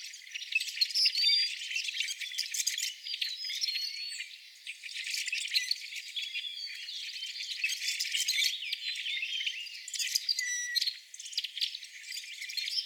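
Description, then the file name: Rusty blackbird calls: a dense flock chorus of squeaky, creaking high notes and chips, with louder squeals in the first seconds and a brief lull near eleven seconds. Several rusty blackbirds calling together with other birds. "Rusty Blackbirds and Friends"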